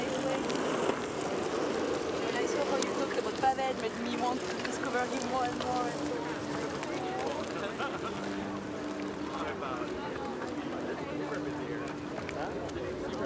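Hundreds of people go about their activities on the Tempelhofer Freiheit in Berlin, heard as a steady, dense murmur of overlapping voices. The level stays even throughout, with scattered louder calls and brief sharp sounds, and a low rumble underneath.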